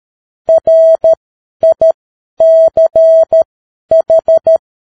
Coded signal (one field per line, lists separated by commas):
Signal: Morse code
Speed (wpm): 13 wpm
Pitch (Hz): 650 Hz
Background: none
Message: RICH